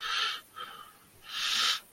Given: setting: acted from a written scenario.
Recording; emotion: vocal sound without words; distress